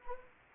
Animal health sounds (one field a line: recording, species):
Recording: mosquito wingbeat signal from an infrared sensor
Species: Anopheles gambiae